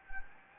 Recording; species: mosquito wingbeat signal from an infrared sensor; Anopheles gambiae